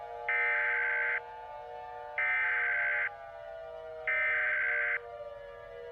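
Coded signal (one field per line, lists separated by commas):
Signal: Emergency Alert System (SAME) tones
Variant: header bursts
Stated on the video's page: Fictional remastered EAS mini scenario of a nuclear plant radiological disaster, made with VoiceText Paul synthesized voice.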